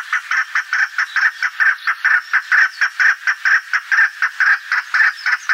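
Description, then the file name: Chukar partridge in a steady run of loud, grating chuk notes, evenly repeated throughout. "Alectoris chukar"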